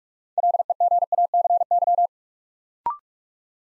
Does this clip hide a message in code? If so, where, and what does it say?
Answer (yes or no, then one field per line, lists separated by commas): yes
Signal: Morse code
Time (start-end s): 0.4-2.1 s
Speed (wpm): 44 wpm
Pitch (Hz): 700 Hz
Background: none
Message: LEGACY